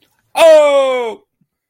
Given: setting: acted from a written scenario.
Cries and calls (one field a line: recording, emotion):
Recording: vocal sound without words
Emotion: triumph